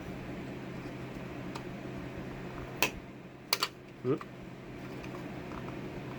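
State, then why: Not seated. A plastic cover is handled against the passenger airbag shut-off switch housing of a 2003 Ford Ranger after first being held backwards. A few sharp plastic handling knocks stand out over a steady low hum while someone talks briefly. Nothing has seated or clicked into place yet.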